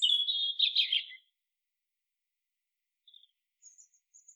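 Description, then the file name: European robin giving a brief rippling high warble, then a pause and a few faint, very high thin notes. "Erithacus rubecula"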